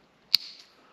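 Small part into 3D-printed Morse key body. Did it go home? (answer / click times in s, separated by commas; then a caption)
yes / 0.3 s. A small part is pulled up through a tight hole in the 3D-printed plastic body of a K6ARK single lever Morse key with tweezers until it pops into place. A single sharp click is heard at 0.35 s, bright around 4 kHz, with a faint ringing tail that fades by about 0.65 s. The part is seated.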